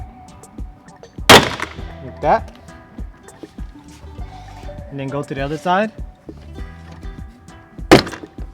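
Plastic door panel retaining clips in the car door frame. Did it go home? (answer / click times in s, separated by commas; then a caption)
released / 7.9 s. While replacing the side view mirror on a 2013-2021 Infiniti QX60, the interior door panel is pulled away from the door on the second side, and its plastic retaining clips in the car door frame pop loose. A loud sharp snap is heard at 1.3 s, someone talks in between, and the clips release with a sharp pop at 7.9 s.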